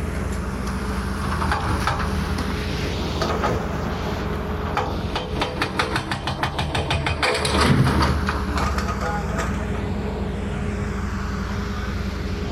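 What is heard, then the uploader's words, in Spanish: Pier demolition by the sea: a steady low machine rumble with dense bursts of clattering and knocking, swelling briefly near eight seconds. Demolición Muelle Puerto Colombia.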